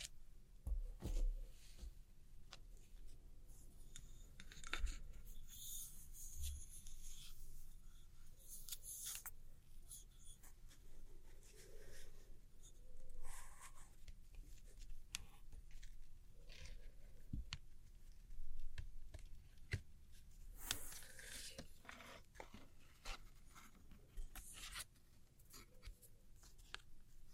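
Tracing and gentle scratchy tapping on old postcards, with soft dry scraping strokes and light taps coming in irregular bursts. Brighter scratchy passages stand out around 1, 8–9 and 20–22 seconds, over a low, steady faint hum.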